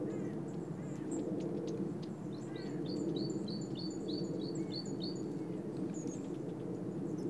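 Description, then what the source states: Bird calling in a rapid series of clipped, slightly downslurred high notes, a few thin higher chirps around them, against a constant low background hum. Recorded in Oostduinen.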